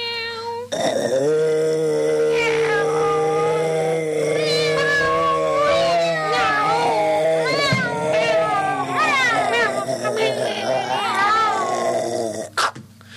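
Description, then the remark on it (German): Several tiny Persian cats in heat meow and wail at once, their high, wavering cries overlapping almost continuously for about twelve seconds above a low, steady hum. “Der starrt ja von Perserkatzen, von winzigen Perserkatzen.”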